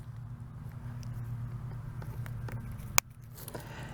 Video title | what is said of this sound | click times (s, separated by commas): 💦 INSTALLING AN AUTOMATIC IRRIGATION SYSTEM FOR CONTAINER VEGETABLES OR FLOWERS 🌱 STEP BY STEP 💦 | and you can most time you can hear that snap pretty good | 3.0 s